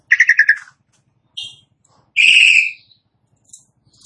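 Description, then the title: Asian pied starling notes: a quick stuttered chatter, a short squawk, then a long loud rasping buzz, with gaps of silence between. Song reportedly starts in under a minute. "Belum Satu Menit Jalak Suren Langsung Bunyi"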